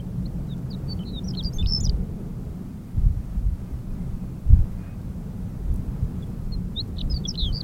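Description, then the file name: Horned lark song, thin high jingling notes in a quick irregular phrase, then a shorter phrase at the end, against a constant low rumble. "Berglarka"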